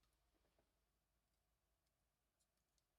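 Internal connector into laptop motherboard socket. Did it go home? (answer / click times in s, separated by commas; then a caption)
no / none. A small internal ribbon/board connector, similar to a Wi-Fi card connector, is pushed into its socket on a ThinkPad X220 laptop motherboard during an upgrade to PD charging. Faint scattered ticks and light handling sounds sit over a steady low hum. Nothing has seated or clicked yet.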